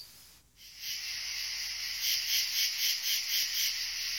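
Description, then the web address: Insect buzz that starts after a brief quiet moment, then a hissy high drone pulsing in a quick, steady rhythm. "animali insetti insetti insect"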